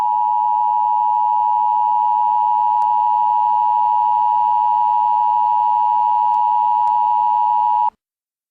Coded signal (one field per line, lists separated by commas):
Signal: Emergency Alert System (SAME) tones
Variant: 853 and 960 Hz attention tone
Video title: EAS Scenario - Nuclear Missile Attack 3